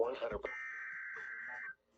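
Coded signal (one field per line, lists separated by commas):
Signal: Emergency Alert System (SAME) tones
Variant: header bursts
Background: speech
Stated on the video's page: Flash Flood Warning received on NOAA Weather Radio.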